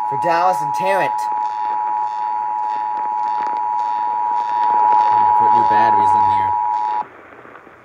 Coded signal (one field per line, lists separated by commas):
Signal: Emergency Alert System (SAME) tones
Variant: 853 and 960 Hz attention tone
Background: speech